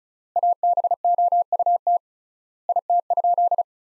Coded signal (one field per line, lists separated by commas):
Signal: Morse code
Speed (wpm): 34 wpm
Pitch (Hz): 700 Hz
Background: none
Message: ABOUT IT?